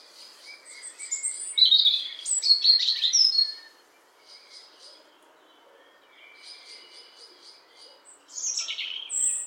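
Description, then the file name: European robin song phrases: a rapid, varied high warble of trills and twitters, a quiet gap of several seconds, then another high tinkling phrase. "Erithacus rubecula"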